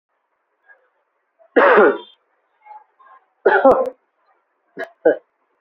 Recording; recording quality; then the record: shallow voluntary cough; moderate, slight background noise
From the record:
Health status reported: COVID-19 positive, moderate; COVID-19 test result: positive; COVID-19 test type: RT-PCR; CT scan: not taken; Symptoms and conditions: cough, cold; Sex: male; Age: 24 years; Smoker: no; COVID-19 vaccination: both doses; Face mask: not worn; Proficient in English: yes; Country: India